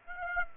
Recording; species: mosquito wingbeat signal from an infrared sensor; Aedes aegypti